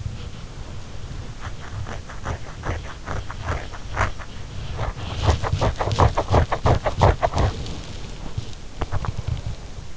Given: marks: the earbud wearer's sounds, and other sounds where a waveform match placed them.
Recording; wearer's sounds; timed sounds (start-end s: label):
sounds in sleep by an in-ear microphone; body movement, teeth grinding
0.00-8.42 s: body movement
8.69-9.32 s: teeth grinding